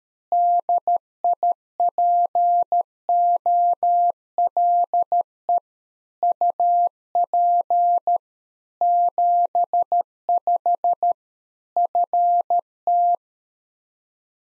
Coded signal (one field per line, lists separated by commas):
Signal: Morse code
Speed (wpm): 13 wpm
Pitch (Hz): 700 Hz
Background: none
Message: DIPOLE UP 75 FT